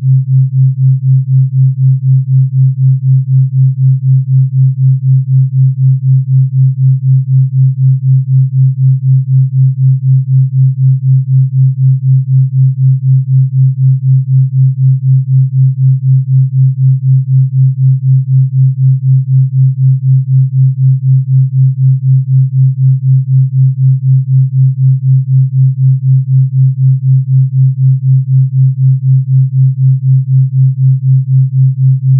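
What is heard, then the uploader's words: A pure theta binaural tone at 4 Hz: a single low, smooth hum that holds perfectly steady for the whole stretch. A slow, even pulsing runs through it at a regular rate, with no other sounds, no changes and nothing above the low tone. Pure Theta Binaural 4hz.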